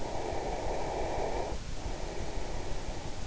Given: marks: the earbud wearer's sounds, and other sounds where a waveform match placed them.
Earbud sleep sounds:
sounds in sleep by an in-ear microphone; breath
0.00-3.27 s: breath

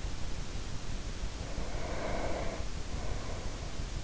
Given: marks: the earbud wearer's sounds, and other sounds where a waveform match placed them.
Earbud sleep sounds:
sounds in sleep by an in-ear microphone; breath
1.27-3.74 s: breath

